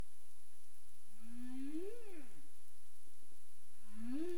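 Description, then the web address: Humpback whale moans underwater: a long low note sweeping up then gliding down, followed by a second rising moan near the end. Caribbean underwater recording, 27 April 2035 at 22:47 UTC. "CARIMAM. humpback whale"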